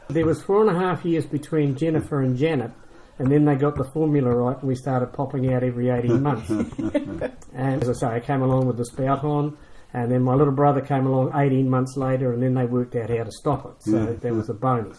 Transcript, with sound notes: There was four and a half years between Jennifer and Janet, and then they got the formula right and we started popping out every eighteen months. [Chuckles] And as I say, I came along with a spout on, and then my little brother came along eighteen months later, and then they worked out how to stop it, so that was a bonus.